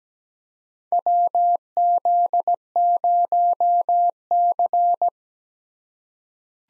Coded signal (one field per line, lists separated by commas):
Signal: Morse code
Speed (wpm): 17 wpm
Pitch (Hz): 700 Hz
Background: none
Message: WZ0C